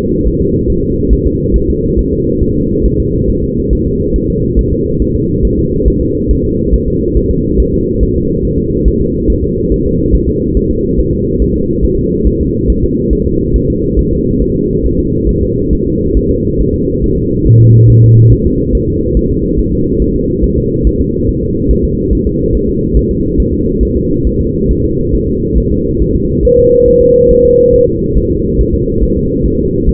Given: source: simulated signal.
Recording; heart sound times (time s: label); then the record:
fetal heart sounds
0.28 s: S1
0.41 s: S2
0.70 s: S1
0.84 s: S2
1.13 s: S1
1.26 s: S2
1.56 s: S1
1.70 s: S2
1.99 s: S1
2.13 s: S2
2.43 s: S1
2.57 s: S2
2.86 s: S1
3.00 s: S2
3.30 s: S1
3.44 s: S2
3.73 s: S1
3.87 s: S2
4.16 s: S1
4.30 s: S2
4.59 s: S1
4.73 s: S2
5.02 s: S1
5.16 s: S2
5.45 s: S1
5.59 s: S2
5.88 s: S1
6.02 s: S2
6.31 s: S1
6.45 s: S2
6.74 s: S1
6.88 s: S2
7.17 s: S1
7.31 s: S2
7.60 s: S1
7.74 s: S2
8.03 s: S1
8.17 s: S2
8.45 s: S1
8.59 s: S2
8.88 s: S1
9.01 s: S2
9.30 s: S1
9.44 s: S2
9.72 s: S1
9.86 s: S2
10.15 s: S1
10.29 s: S2
10.57 s: S1
10.71 s: S2
11.00 s: S1
11.13 s: S2
11.42 s: S1
11.56 s: S2
11.85 s: S1
11.98 s: S2
12.27 s: S1
12.41 s: S2
12.70 s: S1
12.84 s: S2
13.13 s: S1
13.27 s: S2
13.56 s: S1
13.70 s: S2
13.99 s: S1
14.13 s: S2
14.42 s: S1
14.56 s: S2
14.86 s: S1
15.00 s: S2
15.29 s: S1
15.43 s: S2
15.73 s: S1
15.87 s: S2
16.17 s: S1
16.31 s: S2
16.60 s: S1
16.74 s: S2
17.04 s: S1
17.18 s: S2
17.47 s: S1
17.61 s: S2
17.90 s: S1
18.04 s: S2
18.33 s: S1
18.47 s: S2
18.75 s: S1
18.89 s: S2
19.17 s: S1
19.31 s: S2
19.59 s: S1
19.73 s: S2
20.02 s: S1
20.16 s: S2
20.44 s: S1
20.58 s: S2
20.87 s: S1
21.01 s: S2
21.29 s: S1
21.43 s: S2
21.71 s: S1
21.85 s: S2
22.13 s: S1
22.27 s: S2
22.55 s: S1
22.69 s: S2
22.97 s: S1
23.11 s: S2
23.40 s: S1
23.54 s: S2
23.83 s: S1
23.97 s: S2
24.27 s: S1
24.41 s: S2
24.71 s: S1
24.85 s: S2
25.15 s: S1
25.28 s: S2
25.58 s: S1
25.72 s: S2
26.02 s: S1
26.16 s: S2
26.45 s: S1
26.59 s: S2
26.88 s: S1
27.02 s: S2
27.31 s: S1
27.45 s: S2
27.74 s: S1
27.88 s: S2
28.18 s: S1
28.31 s: S2
28.61 s: S1
28.75 s: S2
29.03 s: S1
29.17 s: S2
29.46 s: S1
29.60 s: S2
29.89 s: S1
From the record:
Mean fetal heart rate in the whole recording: 140 bpm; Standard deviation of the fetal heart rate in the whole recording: 2 bpm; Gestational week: 34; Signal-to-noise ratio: -10.2 dB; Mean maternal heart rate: 72 bpm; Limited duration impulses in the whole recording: present